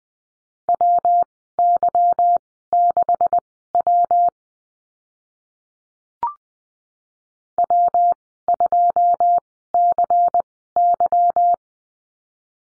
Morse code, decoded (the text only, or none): WY6W W2CY